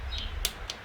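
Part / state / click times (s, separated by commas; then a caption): torque wrench tightening a bolt on a motorcycle / torque reached / 0.4 s. A torque wrench set to nine newton meters tightens a bolt on a CB750 K2 motorcycle, with soft ticks over a low rumble. The wrench gives a sharp click at 0.45 s, confirming the bolt has reached its set torque. A few fainter taps follow near 0.7 s and 0.9 s.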